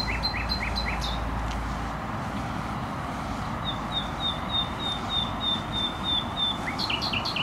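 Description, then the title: Nightingale song: short repeated notes, then a long series of thin high whistles and a few more quick notes, with steady traffic roar throughout. Singing in bushes close to a noisy motorway, Trasa Toruńska, Bródno-Podgrodzie, Warsaw, Poland; recorded with an Olympus LS-11. "Bródno-Podgrodzie, Warszawa, Polska - Trasa Toruńska Nightingale"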